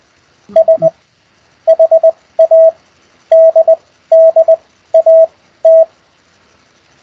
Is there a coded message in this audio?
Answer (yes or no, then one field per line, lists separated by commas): yes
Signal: Morse code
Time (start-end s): 0.6-5.8 s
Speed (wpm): 20 wpm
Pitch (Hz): 660 Hz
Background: none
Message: SHADDAT